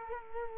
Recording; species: mosquito wingbeat signal from an infrared sensor; Culex quinquefasciatus